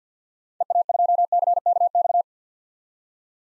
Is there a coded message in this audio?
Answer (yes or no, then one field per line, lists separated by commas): yes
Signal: Morse code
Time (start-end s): 0.6-2.2 s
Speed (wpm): 50 wpm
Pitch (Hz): 700 Hz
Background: none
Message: EA2CKX